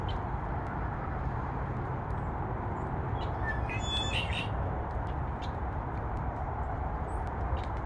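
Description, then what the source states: Birds chirping in a short cluster of high, thin notes about halfway through, almost buried under a steady roar of freeway traffic. Bird chirps with freeway traffic in the background.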